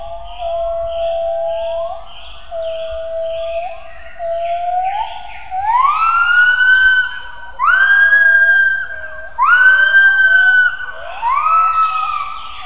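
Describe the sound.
Gibbon call: long, smooth, hooting notes that rise step by step in pitch, each held about a second, building in loudness.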